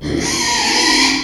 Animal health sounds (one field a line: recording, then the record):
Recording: squeal of a Yucatan mini pig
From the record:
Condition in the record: after surgery on the right vocal fold (resection and tissue-engineered implant)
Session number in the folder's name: 2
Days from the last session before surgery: 13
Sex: male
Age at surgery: 12 weeks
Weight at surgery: 13 kg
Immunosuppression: cyclosporine, prednisolone